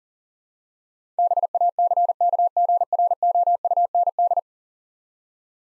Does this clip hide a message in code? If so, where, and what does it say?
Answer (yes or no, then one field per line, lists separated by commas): yes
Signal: Morse code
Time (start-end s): 1.2-4.4 s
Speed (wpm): 40 wpm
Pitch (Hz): 700 Hz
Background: none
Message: BACKGROUND